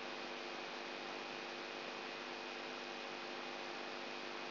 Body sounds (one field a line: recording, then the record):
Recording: brain microelectrode recording played as sound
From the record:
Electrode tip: outside the subthalamic nucleus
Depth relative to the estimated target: -2 mm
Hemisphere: right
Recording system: AlphaMap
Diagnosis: Parkinson's disease